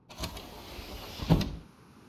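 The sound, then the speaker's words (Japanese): A window slides open a little with a soft mechanical rumble, a brief click at the start and a louder knock near the end before it settles into quiet, with no voices. “それでは少しだけ窓を開けますね。”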